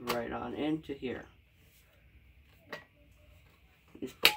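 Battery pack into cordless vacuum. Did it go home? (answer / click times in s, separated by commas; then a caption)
yes / 4.2 s. Someone talks briefly as an unbranded replacement battery pack is pushed down into the battery slot of a cordless stick vacuum. After a quiet stretch with a soft knock near 2.7 s and a faint tick at 4.0 s, the pack clicks into place with a sharp click at 4.3 s. It is seated, and the vacuum is then powered on.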